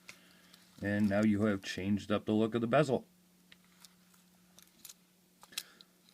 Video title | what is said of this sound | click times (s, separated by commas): Boschett Harpoon White Dial Watch Review and Video Review | pops right back on snaps into place | 0.1 s, 0.5 s